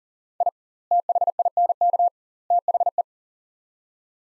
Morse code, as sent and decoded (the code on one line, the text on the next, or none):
.. / - .... .. -. -.- / - .... .
I THINK THE